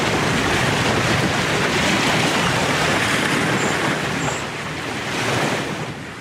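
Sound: rough sea waves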